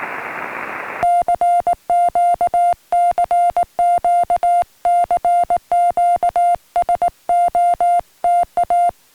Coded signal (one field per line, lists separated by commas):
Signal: Morse code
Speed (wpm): 19 wpm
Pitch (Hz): 700 Hz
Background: music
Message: CQ CQ CQ SOTA